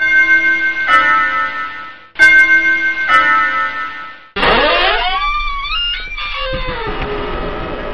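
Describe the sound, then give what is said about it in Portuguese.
A doorbell chimes twice in a row, each ring a bright, sustained, bell-like tone, followed by a loud swirl of sliding, warbling tones. “Percebi que deveria ter que tocar a campainha.”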